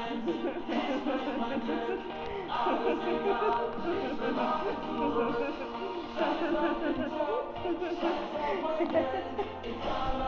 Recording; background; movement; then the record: laughter; music; sitting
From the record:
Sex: female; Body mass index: 36.4 kg/m2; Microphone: on the chest, facing outward